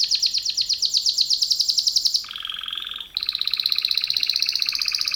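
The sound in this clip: Canary song of rapid repeated chirps in a long series, dropping to a lower buzzy roll, then rising into a fast high trill.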